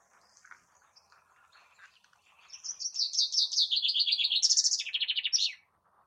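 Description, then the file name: Common chaffinch singing a rapid descending series of bright repeated notes, breaking into a lower trill and closing with a sharp terminal flourish, after soft scattered chirps. "Fringilla coelebs"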